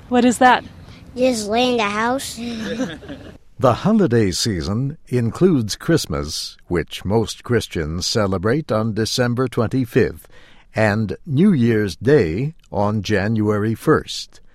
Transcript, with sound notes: "What is that?"
"Just lay in the house. [laughter]
The "holiday season" includes Christmas, which most Christians celebrate on December twenty-fifth, and New Year's Day on January first.